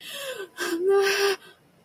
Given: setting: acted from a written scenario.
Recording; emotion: vocal sound without words; distress